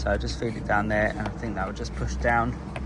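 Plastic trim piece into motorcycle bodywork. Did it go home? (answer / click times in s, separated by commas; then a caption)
no / none. A new plastic trim piece is fed down into the bodywork of a 2024 Yamaha R125 being rebuilt after crash damage, while someone talks over a low steady background hum. Nothing has seated or clicked yet.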